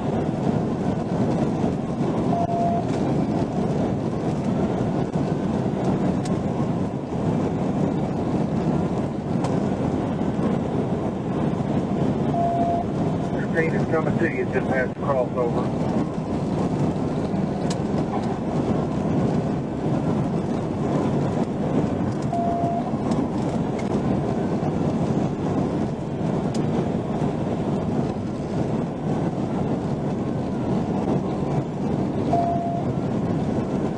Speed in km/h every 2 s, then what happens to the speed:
198, 198, 198, 201, 201, 203, 203, 203, 203, 203, 204, 204, 204, 203, 198, 198, 200.
0-34 steady at about 203.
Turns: none.